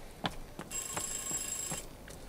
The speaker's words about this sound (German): Ich muss an das Telefon.